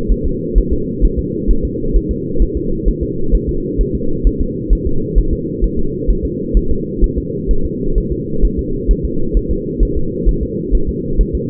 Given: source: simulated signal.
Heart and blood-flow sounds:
fetal heart sounds
0.12 s: S1
0.26 s: S2
0.58 s: S1
0.73 s: S2
1.05 s: S1
1.19 s: S2
1.50 s: S1
1.65 s: S2
1.96 s: S1
2.11 s: S2
2.42 s: S1
2.57 s: S2
2.88 s: S1
3.03 s: S2
3.34 s: S1
3.49 s: S2
3.81 s: S1
3.95 s: S2
4.27 s: S1
4.41 s: S2
4.73 s: S1
4.87 s: S2
5.18 s: S1
5.33 s: S2
5.64 s: S1
5.79 s: S2
6.10 s: S1
6.25 s: S2
6.57 s: S1
6.71 s: S2
7.04 s: S1
7.18 s: S2
7.51 s: S1
7.66 s: S2
7.98 s: S1
8.12 s: S2
8.45 s: S1
8.59 s: S2
8.91 s: S1
9.05 s: S2
9.37 s: S1
9.51 s: S2
9.83 s: S1
9.97 s: S2
10.29 s: S1
10.43 s: S2
10.75 s: S1
10.89 s: S2
11.21 s: S1
11.35 s: S2
From the record:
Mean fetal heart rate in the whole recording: 130 bpm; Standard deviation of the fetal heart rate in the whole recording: 2 bpm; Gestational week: 36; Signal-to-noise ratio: -8.1 dB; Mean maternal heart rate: 72 bpm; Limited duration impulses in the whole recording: absent

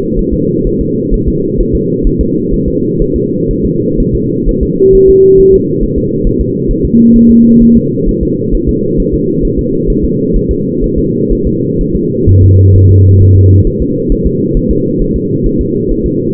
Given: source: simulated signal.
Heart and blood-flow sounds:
fetal heart sounds
0.19 s: S1
0.34 s: S2
0.67 s: S1
0.81 s: S2
1.14 s: S1
1.28 s: S2
1.60 s: S1
1.75 s: S2
2.07 s: S1
2.21 s: S2
2.54 s: S1
2.68 s: S2
3.02 s: S1
3.16 s: S2
3.51 s: S1
3.65 s: S2
4.00 s: S1
4.15 s: S2
4.49 s: S1
4.63 s: S2
4.95 s: S1
5.10 s: S2
5.40 s: S1
5.54 s: S2
5.83 s: S1
5.98 s: S2
6.27 s: S1
6.41 s: S2
6.71 s: S1
6.85 s: S2
7.16 s: S1
7.31 s: S2
7.62 s: S1
7.77 s: S2
8.09 s: S1
8.23 s: S2
8.55 s: S1
8.69 s: S2
9.00 s: S1
9.14 s: S2
9.45 s: S1
9.59 s: S2
9.90 s: S1
10.05 s: S2
10.36 s: S1
10.51 s: S2
10.84 s: S1
10.98 s: S2
11.32 s: S1
11.47 s: S2
11.81 s: S1
11.96 s: S2
12.29 s: S1
12.44 s: S2
12.76 s: S1
12.91 s: S2
13.22 s: S1
13.37 s: S2
13.67 s: S1
13.82 s: S2
14.12 s: S1
14.27 s: S2
14.57 s: S1
14.71 s: S2
15.02 s: S1
15.16 s: S2
15.46 s: S1
15.61 s: S2
15.91 s: S1
16.06 s: S2
From the record:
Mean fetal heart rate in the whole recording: 130 bpm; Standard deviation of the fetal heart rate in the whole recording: 4 bpm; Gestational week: 38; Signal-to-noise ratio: -11.2 dB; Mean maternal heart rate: 72 bpm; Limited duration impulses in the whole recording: present

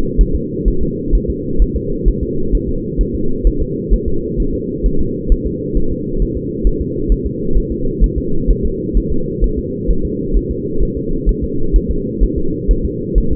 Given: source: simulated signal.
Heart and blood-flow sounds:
fetal heart sounds
0.21 s: S1
0.35 s: S2
0.68 s: S1
0.83 s: S2
1.15 s: S1
1.30 s: S2
1.62 s: S1
1.76 s: S2
2.08 s: S1
2.23 s: S2
2.55 s: S1
2.69 s: S2
3.01 s: S1
3.15 s: S2
3.47 s: S1
3.62 s: S2
3.94 s: S1
4.08 s: S2
4.40 s: S1
4.54 s: S2
4.86 s: S1
5.01 s: S2
5.32 s: S1
5.47 s: S2
5.77 s: S1
5.92 s: S2
6.22 s: S1
6.37 s: S2
6.67 s: S1
6.81 s: S2
7.12 s: S1
7.26 s: S2
7.57 s: S1
7.72 s: S2
8.04 s: S1
8.18 s: S2
8.50 s: S1
8.65 s: S2
8.97 s: S1
9.12 s: S2
9.44 s: S1
9.59 s: S2
9.90 s: S1
10.05 s: S2
10.36 s: S1
10.51 s: S2
10.83 s: S1
10.97 s: S2
11.29 s: S1
11.44 s: S2
11.76 s: S1
11.91 s: S2
12.23 s: S1
12.38 s: S2
12.71 s: S1
12.85 s: S2
13.18 s: S1
13.32 s: S2
From the record:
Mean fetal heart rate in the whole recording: 130 bpm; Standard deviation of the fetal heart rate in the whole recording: 2 bpm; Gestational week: 36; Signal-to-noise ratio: -8.1 dB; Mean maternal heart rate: 72 bpm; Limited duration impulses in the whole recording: absent

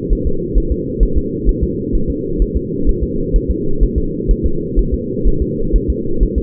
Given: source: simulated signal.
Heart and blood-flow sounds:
fetal heart sounds
0.13 s: S1
0.27 s: S2
0.58 s: S1
0.72 s: S2
1.03 s: S1
1.18 s: S2
1.49 s: S1
1.63 s: S2
1.95 s: S1
2.10 s: S2
2.42 s: S1
2.56 s: S2
2.89 s: S1
3.03 s: S2
3.36 s: S1
3.50 s: S2
3.83 s: S1
3.98 s: S2
4.31 s: S1
4.46 s: S2
4.79 s: S1
4.94 s: S2
5.28 s: S1
5.42 s: S2
5.76 s: S1
5.90 s: S2
6.23 s: S1
6.38 s: S2
From the record:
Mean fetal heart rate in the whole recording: 130 bpm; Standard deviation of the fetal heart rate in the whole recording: 2 bpm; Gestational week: 36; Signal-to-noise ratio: -8.1 dB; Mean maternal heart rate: 72 bpm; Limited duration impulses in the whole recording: absent

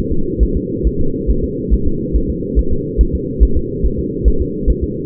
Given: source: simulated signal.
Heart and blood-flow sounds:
fetal heart sounds
0.12 s: S2
0.43 s: S1
0.57 s: S2
0.87 s: S1
1.01 s: S2
1.30 s: S1
1.44 s: S2
1.74 s: S1
1.87 s: S2
2.16 s: S1
2.30 s: S2
2.59 s: S1
2.73 s: S2
3.01 s: S1
3.15 s: S2
3.43 s: S1
3.57 s: S2
3.86 s: S1
3.99 s: S2
4.28 s: S1
4.41 s: S2
4.70 s: S1
4.84 s: S2
From the record:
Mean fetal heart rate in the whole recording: 140 bpm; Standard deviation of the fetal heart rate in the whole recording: 2 bpm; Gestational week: 34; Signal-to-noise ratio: -8.1 dB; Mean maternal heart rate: 72 bpm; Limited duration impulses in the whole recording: absent

